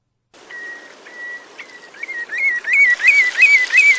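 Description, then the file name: Common redshank giving steady whistled notes that quicken and grow louder into a rapid run of bouncing, inflected whistles. "Pettegola"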